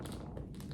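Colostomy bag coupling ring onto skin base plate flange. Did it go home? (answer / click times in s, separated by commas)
no / none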